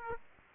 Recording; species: mosquito wingbeat signal from an infrared sensor; Aedes aegypti